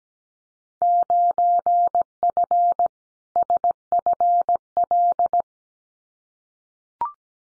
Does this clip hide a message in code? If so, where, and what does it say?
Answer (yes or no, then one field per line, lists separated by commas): yes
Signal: Morse code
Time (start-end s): 0.8-5.4 s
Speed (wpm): 17 wpm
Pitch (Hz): 700 Hz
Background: none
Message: 9F SFL